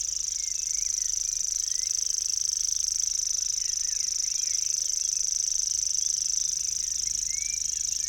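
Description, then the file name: Common grasshopper warbler reeling nonstop, a thin rapid ticking trill at steady pitch, while other songbirds chirp and whistle quietly behind it. "locustelle tachetee"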